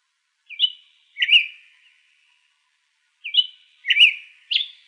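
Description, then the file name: Hepatic tanager giving two short phrases of slurred whistled notes, the second phrase ending with a higher note. Recorded in Arizona on 1 February 2006. "HETA 2 deviche"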